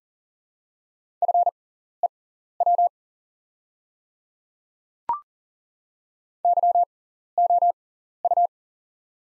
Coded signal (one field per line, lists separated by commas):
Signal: Morse code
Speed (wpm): 40 wpm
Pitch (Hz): 700 Hz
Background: none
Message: FEW YOU